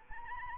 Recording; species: mosquito wingbeat signal from an infrared sensor; Anopheles arabiensis